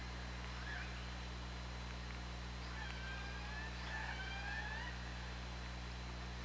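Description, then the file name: Killer whale calls: faint squeals and long, gently sloping tones in the middle, set against continuous low hum and hiss. OrcaLab hydrophone, 24 August 2017. "Orca Lab UTLN JASON 20170824 203547"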